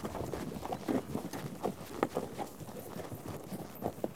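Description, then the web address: Horse hooves thudding and clopping in a short burst, irregular strikes over a rumbling, noisy background. A herd of horses out on a trek. "BBC Sound Effects Library - Horses Herd of horses out on trek"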